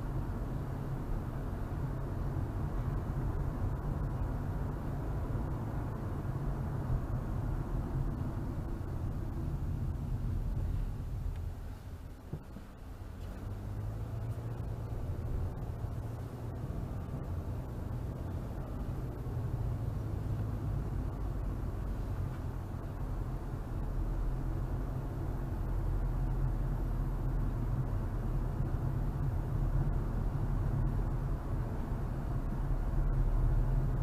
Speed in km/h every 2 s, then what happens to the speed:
42, 42, 42, 42, 34, 19, 3, 13, 18, 23, 27, 32, 35, 39, 40, 40, 40.
0-6 steady at about 42. 6-12 brakes to 3. 12-26 speeds up to 39. 26-34 steady at about 40.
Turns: 19-22.